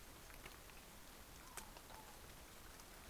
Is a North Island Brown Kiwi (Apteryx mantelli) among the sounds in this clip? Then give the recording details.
no. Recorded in New Zealand on 20 November 2013. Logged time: 22:29. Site CH69